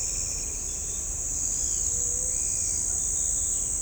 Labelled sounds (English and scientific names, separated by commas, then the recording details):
Straight-billed Woodcreeper (Dendroplex picus), White-tipped Dove (Leptotila verreauxi), Pale-eyed Pygmy Tyrant (Atalotriccus pilaris)
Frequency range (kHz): White-tipped Dove (Leptotila verreauxi) 0.3-0.7 kHz; Pale-eyed Pygmy Tyrant (Atalotriccus pilaris) 1.8-5.7 kHz
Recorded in shrubland near Pivijay, Magdalena, Colombia, on 5 June 2023 at 05:30
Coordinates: 10.453, -74.365
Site P5-G022